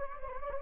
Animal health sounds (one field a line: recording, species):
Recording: mosquito wingbeat signal from an infrared sensor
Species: Anopheles gambiae